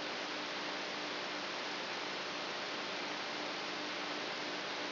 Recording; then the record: brain microelectrode recording played as sound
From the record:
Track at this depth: inside the subthalamic nucleus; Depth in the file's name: 8.137 mm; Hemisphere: left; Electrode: 3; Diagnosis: Parkinson's disease